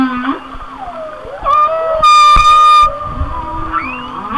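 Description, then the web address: Whale song with sliding moans and whistles, broken by a loud, harsh, buzzy blast lasting under a second in the middle. "Natures Songs Whale Songs Whale Songs- Mike Mc Donald"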